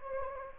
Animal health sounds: mosquito wingbeat signal from an infrared sensor; Anopheles gambiae

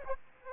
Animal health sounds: mosquito wingbeat signal from an infrared sensor; Aedes aegypti

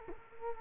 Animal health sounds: mosquito wingbeat signal from an infrared sensor; Culex quinquefasciatus

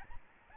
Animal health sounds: mosquito wingbeat signal from an infrared sensor; Aedes albopictus

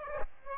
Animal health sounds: mosquito wingbeat signal from an infrared sensor; Aedes aegypti

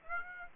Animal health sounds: mosquito wingbeat signal from an infrared sensor; Aedes aegypti

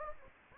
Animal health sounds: mosquito wingbeat signal from an infrared sensor; Anopheles gambiae

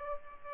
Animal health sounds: mosquito wingbeat signal from an infrared sensor; Aedes aegypti

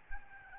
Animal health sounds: mosquito wingbeat signal from an infrared sensor; Aedes albopictus

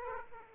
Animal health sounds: mosquito wingbeat signal from an infrared sensor; Aedes aegypti

